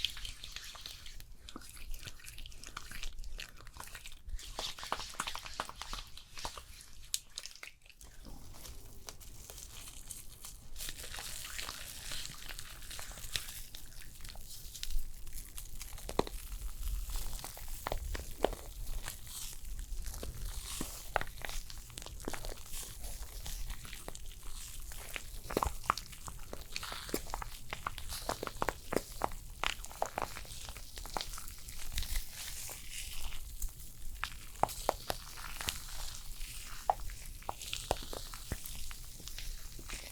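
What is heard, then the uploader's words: A first-person spa facial made of layered sounds: constant soft crackling and crinkling with quick taps and clicks scattered throughout, bright. A brief lull comes near eight seconds, then the dense textures return, busier toward the end. ASMR First Person Realistic SPA Facial Layered Sounds, Personal Attention (No talking).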